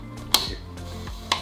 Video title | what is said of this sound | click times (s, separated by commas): Canon 70-200mm f/2.8 Mark II Has a Flaw No One Talks About... So I Bought the III | You'll hear a click. | 0.3 s